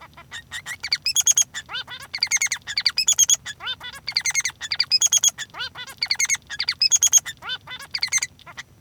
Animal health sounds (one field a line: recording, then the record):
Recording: song of a male Bengalese finch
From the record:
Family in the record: son of father 3